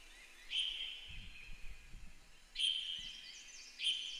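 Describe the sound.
Bird chirps: three sharp, high whistled notes with short trailing tones, with faint low rustling between them.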